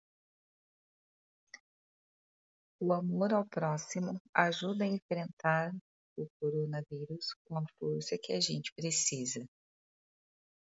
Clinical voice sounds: spoken sentence; Brazilian Portuguese; female; 30 to 39 years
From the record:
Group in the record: control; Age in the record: 35 years

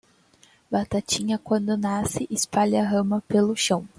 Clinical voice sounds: short text; Brazilian Portuguese; female; 20 to 29 years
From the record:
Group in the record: control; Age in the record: 20 years

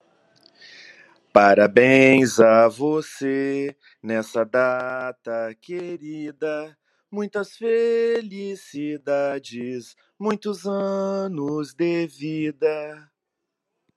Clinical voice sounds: short text; Brazilian Portuguese; male; 50 to 59 years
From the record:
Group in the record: control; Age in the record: 56 years

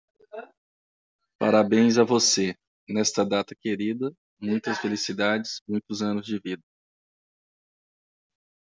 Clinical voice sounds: short text; Brazilian Portuguese; male; 40 to 49 years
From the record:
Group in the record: control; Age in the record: 44 years

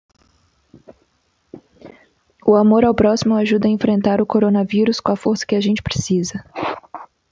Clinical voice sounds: spoken sentence; Brazilian Portuguese; female; 20 to 29 years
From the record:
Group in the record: control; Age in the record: 28 years

